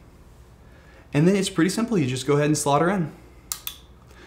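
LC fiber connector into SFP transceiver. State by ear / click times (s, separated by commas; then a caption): seated / 3.5 s. A duplex LC fiber patch cable is pushed into the SFP transceiver port on a media converter while someone talks. A sharp click at 3.5 seconds, with a second smaller click right after, marks the LC fiber connector seating in the SFP transceiver.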